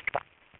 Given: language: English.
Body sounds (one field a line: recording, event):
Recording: throat vibration sensor signal played as sound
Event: swallow